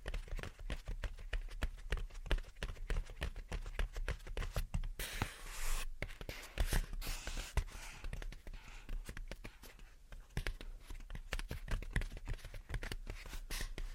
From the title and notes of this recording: Gentle Tapping and Scratching. (No Talking).